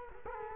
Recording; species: mosquito wingbeat signal from an infrared sensor; Culex quinquefasciatus